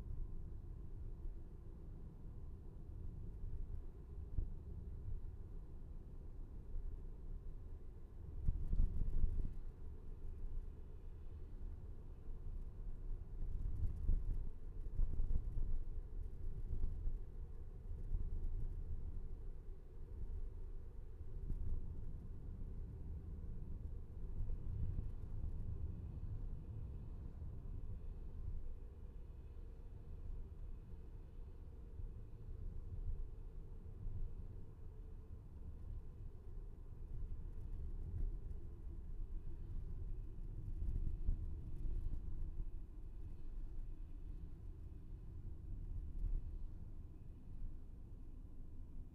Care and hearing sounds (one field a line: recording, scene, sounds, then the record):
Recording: everyday scene through a hearing-aid microphone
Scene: in a vehicle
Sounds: engine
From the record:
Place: VW T5 Caravelle, diesel engine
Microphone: behind the ear, left, rear